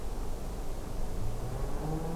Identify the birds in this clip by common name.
none